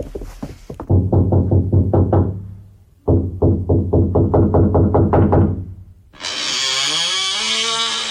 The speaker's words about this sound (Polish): Moi drodzy, w takim razie zapukajmy do kolejnych drzwi.